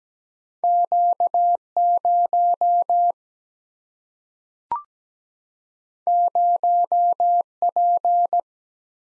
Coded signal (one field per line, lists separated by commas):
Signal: Morse code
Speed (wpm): 17 wpm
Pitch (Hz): 700 Hz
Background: none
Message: Q 0 0 P